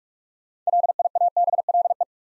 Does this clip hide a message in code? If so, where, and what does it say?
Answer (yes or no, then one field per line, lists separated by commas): yes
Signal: Morse code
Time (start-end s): 0.7-2.0 s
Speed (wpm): 45 wpm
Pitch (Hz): 700 Hz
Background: none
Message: LIABLE